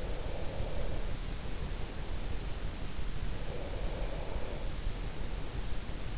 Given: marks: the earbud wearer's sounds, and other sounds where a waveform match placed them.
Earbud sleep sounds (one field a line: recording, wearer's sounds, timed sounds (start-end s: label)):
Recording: sounds in sleep by an in-ear microphone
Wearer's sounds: breath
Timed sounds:
0.00-2.45 s: breath
3.59-5.84 s: breath